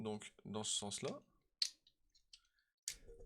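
A plastic interchangeable plug adapter is handled against a charger body, being lined up in the correct orientation to clip in, while someone talks. After the speech, sharp clicks and taps are heard at about 1.6, 1.9, 2.3 and 2.9 seconds. The clip ends before the adapter goes home, so nothing has seated or clicked into place yet.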